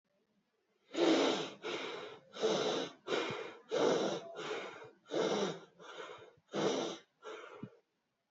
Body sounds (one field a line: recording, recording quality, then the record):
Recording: shallow breathing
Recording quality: excellent, no background noise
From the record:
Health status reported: COVID-19 positive, mild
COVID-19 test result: positive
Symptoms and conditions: cough, cold, fatigue, muscle pain, loss of smell and taste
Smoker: not ticked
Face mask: worn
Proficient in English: yes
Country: India